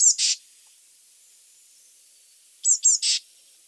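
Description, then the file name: Eurasian blue tit with short, high, thin notes ending in a brief buzzy note, the phrase repeated after a quiet gap. "Cyanistes caeruleus"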